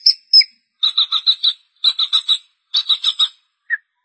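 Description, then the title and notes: Long-tailed shrike song with two high notes followed by three quick groups of harsh chattering notes and a final short lower note. "Pentet 201703. Suara burung pentet"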